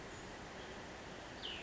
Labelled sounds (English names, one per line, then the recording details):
Cassin's Vireo
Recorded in Sonoma County, California